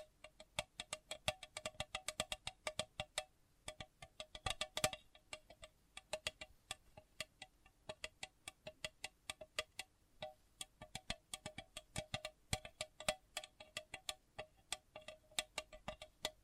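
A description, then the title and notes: Sensitive tapping in quick, sharp clicks that come densely and unevenly for the whole stretch, a few louder taps standing out near four to five seconds. The taps ring slightly with a bright, chime-like tone above a faint low hum. Sensitive Tapping.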